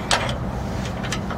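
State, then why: Seated. A metal lock pin is pushed through the hole in a trailer coupler latch, giving a sharp metallic hit at 0.1 s that locks it into place so it can't come loose. Two fainter ticks follow at about 1.1 s and 1.3 s over a steady low background hum.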